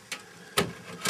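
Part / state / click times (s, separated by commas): graphics card into motherboard PCIe slot / not seated / none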